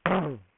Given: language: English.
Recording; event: throat vibration sensor signal played as sound; throat clearing